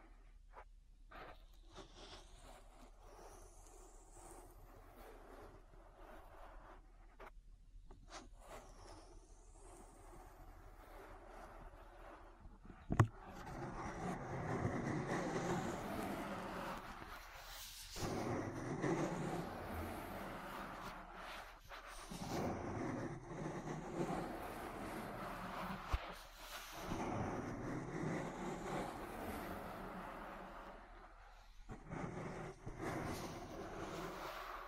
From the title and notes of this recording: ASMR Relaxing Ear Massage. (No Talking).